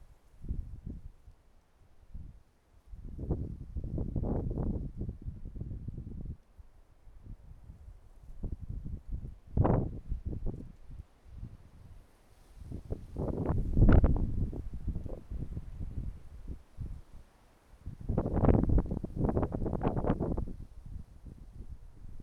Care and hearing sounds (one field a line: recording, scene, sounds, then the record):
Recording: everyday scene through a hearing-aid microphone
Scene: wind on the microphone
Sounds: wind, traffic, birds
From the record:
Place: suburban garden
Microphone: behind the ear, right, rear